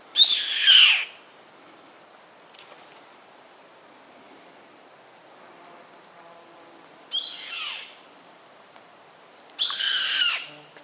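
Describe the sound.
Bird giving three harsh, raspy calls spaced several seconds apart, over a continuous high insect-like whine.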